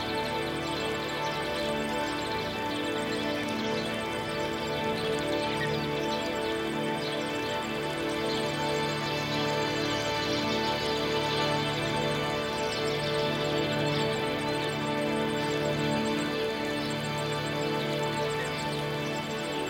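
Gentle relaxing music of long held notes and soft chords plays at an even, unchanging level throughout. Faint, bright bird chirps flicker high above it now and then, small against the steady music.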